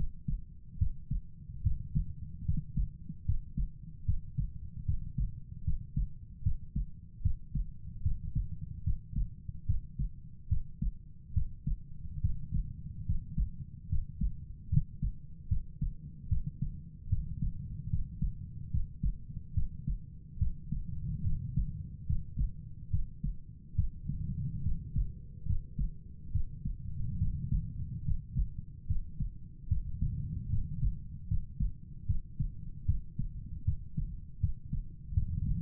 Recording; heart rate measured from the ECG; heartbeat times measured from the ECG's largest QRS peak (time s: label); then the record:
heart sounds by stethoscope; 73 bpm
0.78 s: heartbeat
1.62 s: heartbeat
2.45 s: heartbeat
3.25 s: heartbeat
4.05 s: heartbeat
4.85 s: heartbeat
5.64 s: heartbeat
6.43 s: heartbeat
7.22 s: heartbeat
8.02 s: heartbeat
8.83 s: heartbeat
9.66 s: heartbeat
10.48 s: heartbeat
11.33 s: heartbeat
12.21 s: heartbeat
13.06 s: heartbeat
13.89 s: heartbeat
14.69 s: heartbeat
15.48 s: heartbeat
16.28 s: heartbeat
17.09 s: heartbeat
17.90 s: heartbeat
18.71 s: heartbeat
19.54 s: heartbeat
20.38 s: heartbeat
21.23 s: heartbeat
22.06 s: heartbeat
22.90 s: heartbeat
23.75 s: heartbeat
24.63 s: heartbeat
25.46 s: heartbeat
26.32 s: heartbeat
27.18 s: heartbeat
28.05 s: heartbeat
28.87 s: heartbeat
29.68 s: heartbeat
30.49 s: heartbeat
31.28 s: heartbeat
32.06 s: heartbeat
32.85 s: heartbeat
33.64 s: heartbeat
34.40 s: heartbeat
35.14 s: heartbeat
From the record:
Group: healthy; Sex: male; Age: 35 years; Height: 178 cm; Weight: 64 kg